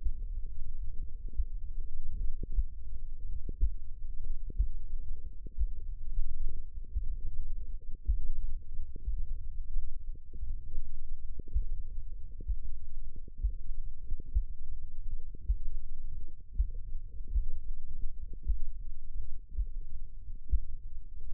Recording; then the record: forearm muscle sounds (acoustic myography)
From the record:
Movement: finger pinch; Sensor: system 1, eight BSWA MPA416 microphones around the upper forearm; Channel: 6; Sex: male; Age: 23 years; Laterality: right